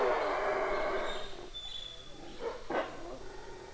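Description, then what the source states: Howler monkey roaring: a deep, rough, breathy roar that fades after about a second and a half, then two brief sharper calls, over a steady background hum and a faint high whistle. In a jungle.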